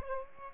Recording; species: mosquito wingbeat signal from an infrared sensor; Aedes aegypti